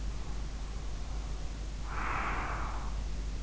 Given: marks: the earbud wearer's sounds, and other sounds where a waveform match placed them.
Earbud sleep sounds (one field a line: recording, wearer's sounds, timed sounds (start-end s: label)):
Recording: sounds in sleep by an in-ear microphone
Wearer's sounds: breath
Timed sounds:
0.13-3.20 s: breath